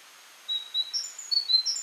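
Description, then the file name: Great tit phrases: a few high, thin alternating notes in a quick, brief run after a short silence. "Parus major"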